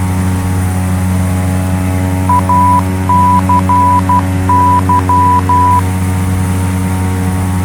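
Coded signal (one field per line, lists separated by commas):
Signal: Morse code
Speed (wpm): 12 wpm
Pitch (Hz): 990 Hz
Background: none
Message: ACY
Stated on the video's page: Morse heard inside Flight Simulator X while flying a Carenado C208B add-on aircraft.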